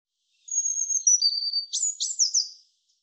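European robin song, one phrase opening with long, thin, very high whistles that step downward, then quick, fluty, descending notes. Otherwise silent.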